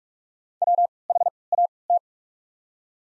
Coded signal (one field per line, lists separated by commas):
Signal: Morse code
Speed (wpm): 42 wpm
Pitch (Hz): 700 Hz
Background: none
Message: WHAT